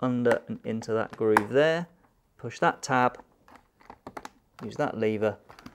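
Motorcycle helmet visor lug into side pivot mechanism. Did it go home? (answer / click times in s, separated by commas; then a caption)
no / none. Someone talks while fitting the plastic visor lug on the second side of a Nolan N60-6 motorcycle helmet into its side pivot mechanism, pushing the tab into the groove and using the lever. Faint handling taps and clicks are heard between the speech. Nothing has seated or clicked home yet.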